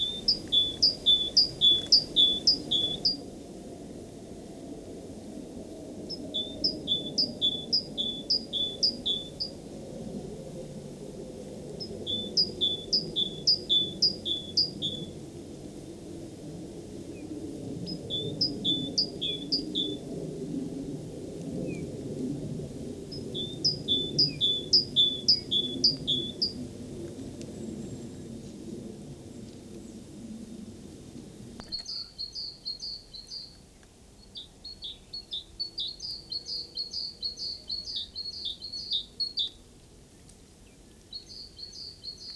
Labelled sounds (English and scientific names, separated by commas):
Great Tit (Parus major) song